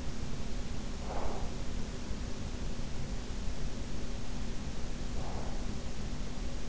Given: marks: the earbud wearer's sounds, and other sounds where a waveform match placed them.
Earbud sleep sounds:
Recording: sounds in sleep by an in-ear microphone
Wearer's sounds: breath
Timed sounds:
0.89-1.69 s: breath

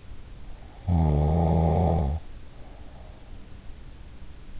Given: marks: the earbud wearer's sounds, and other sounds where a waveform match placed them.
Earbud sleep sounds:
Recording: sounds in sleep by an in-ear microphone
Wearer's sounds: snoring breath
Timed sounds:
0.62-3.83 s: snoring breath

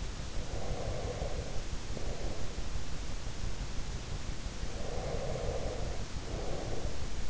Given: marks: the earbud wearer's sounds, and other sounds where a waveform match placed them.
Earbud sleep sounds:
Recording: sounds in sleep by an in-ear microphone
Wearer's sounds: breath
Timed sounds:
0.24-2.93 s: breath
4.54-7.30 s: breath

